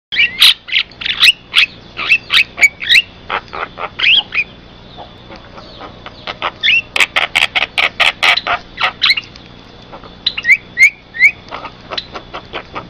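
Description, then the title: Javan myna calling in quick runs of scratchy notes and bright whistled chirps, some rising, broken by a brief pause before resuming. Very loud, noisy calling recorded as tutor material for training other birds. "Jalak Kebo Master Suara Super Berisik Buat Masteran"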